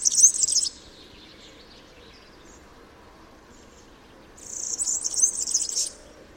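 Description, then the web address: European serin delivering two bright, scratchy, very high-pitched trills, a short one then a longer one after a quiet pause. "chant didier collin serin cini"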